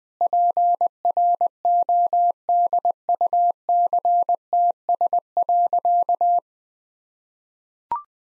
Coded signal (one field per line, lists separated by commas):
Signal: Morse code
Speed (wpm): 20 wpm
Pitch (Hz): 700 Hz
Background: none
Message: PRODUCTS.